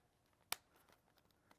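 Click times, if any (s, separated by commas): 0.5 s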